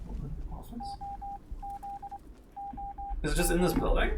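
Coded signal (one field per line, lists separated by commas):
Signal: Morse code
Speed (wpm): 23 wpm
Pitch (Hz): 800 Hz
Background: speech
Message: OZ OZ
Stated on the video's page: Morse heard in the game Fallout: The Frontier, streamed live.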